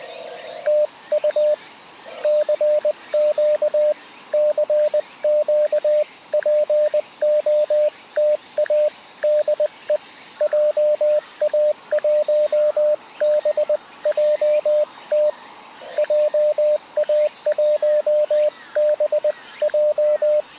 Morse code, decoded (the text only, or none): TU CQ CQ POTA DE JA1BJT JA1BJ